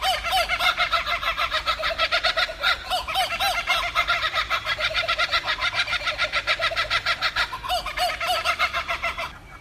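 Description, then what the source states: Laughing Kookaburra laugh: a long run of harsh, rapidly repeated cackling notes, steady and loud throughout. Iconic Australian bird, more often heard than seen; call sounds like a person laughing out loud.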